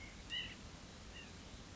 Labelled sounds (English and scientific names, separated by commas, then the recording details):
White-breasted Nuthatch (Sitta carolinensis)
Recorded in Sonoma County, California